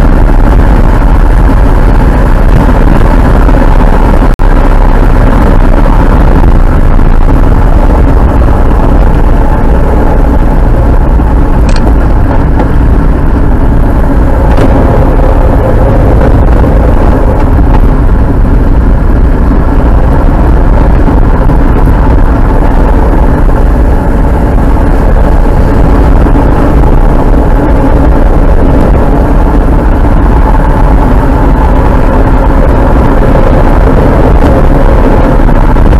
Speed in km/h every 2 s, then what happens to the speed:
85, 85, 82, 69, 58, 53, 54, 59, 59, 59, 61, 60, 59, 51, 48, 64, 70, 72.
0-10 slows to 53. 10-14 speeds up to 59. 14-24 steady at about 59. 24-28 slows to 48. 28-32 speeds up to 70.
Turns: 24-29.